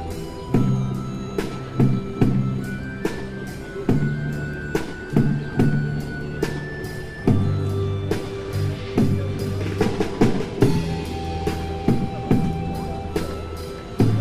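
Music plays outdoors on an evening by a university building. A deep bass line shifts between low notes under sharp, regular drum hits roughly every second, with faint higher melodic tones; the crowd of passers-by is hard to pick out beneath it.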